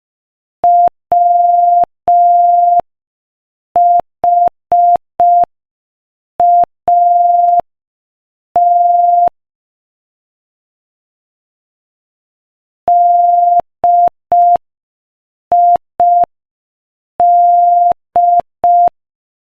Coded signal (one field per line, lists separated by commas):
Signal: Morse code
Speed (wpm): 5 wpm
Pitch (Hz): 700 Hz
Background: none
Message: WHAT DID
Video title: Morse Code Practice: 5 wpm Joke #5